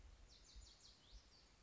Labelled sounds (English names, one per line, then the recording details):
Lazuli Bunting
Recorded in Sonoma County, California